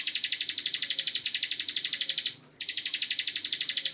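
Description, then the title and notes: Bar-winged Prinia song: a sustained rapid buzzy trill, a short break, then the fast pulsed trill resumes with a high sliding note at its start. Ngebren song style, used as a tutor song for training white-rumped shamas (murai batu). "Ciblek Ngebren Untuk Masteran Murai Batu. Suara burung ciblek"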